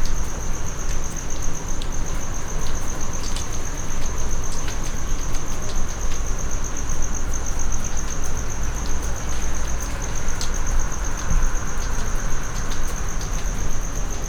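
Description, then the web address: Cricket song, a continuous high-pitched trill with a few faint clicks, over constant deep rumbling background noise. Recorded at Jászberény zoo in 2016; the cricket was kept in a plastic distribution box. "allathangok jaszberenyizoo 2016 professzionalis tucsok muanyagelosztodobozban jobbramocsarimacska"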